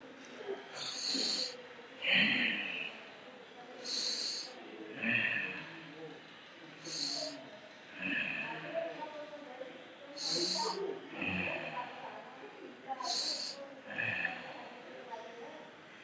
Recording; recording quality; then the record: deep breathing; excellent, no background noise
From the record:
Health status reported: COVID-19 positive, moderate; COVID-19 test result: positive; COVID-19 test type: RT-PCR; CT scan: not taken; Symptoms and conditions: cough, cold, loss of smell and taste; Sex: male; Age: 28 years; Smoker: no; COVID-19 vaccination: none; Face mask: not worn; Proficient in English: yes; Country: India